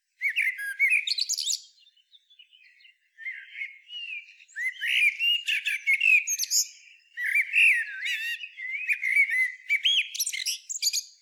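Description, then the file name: Common blackbird song: repeated mellow whistled phrases, each breaking into high, squeaky twittering flourishes, with a brief quiet gap early on. "Turdus merula"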